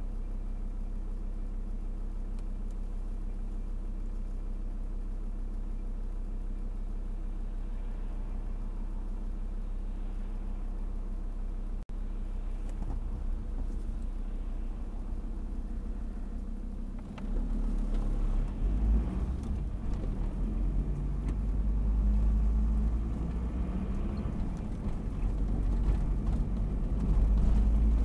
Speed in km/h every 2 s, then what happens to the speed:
0, 0, 0, 0, 0, 0, 0, 0, 0, 10, 14, 19, 22, 25.
0-17 standing. 17-28 pulls away to 25.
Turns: none.